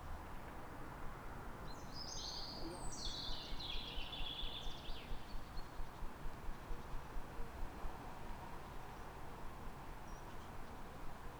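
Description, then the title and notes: A bird delivers a high, rapid twittering phrase over a continuous traffic drone. Calm morning on 3 May in Fresnes, Ile de France, with ring-road traffic in the background. "Matin calme avec oiseaux. Fresnes, Ile de France."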